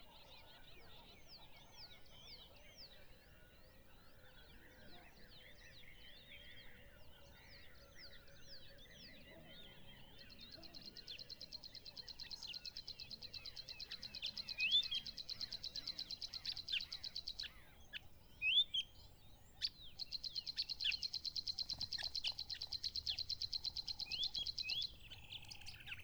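Birds call at Mmabolela Reserve in Limpopo, South Africa, starting with scattered rising chirps. From about ten seconds a high, fast buzzing trill runs steadily to around seventeen seconds, pauses, then returns from twenty seconds, over a soft low rumble.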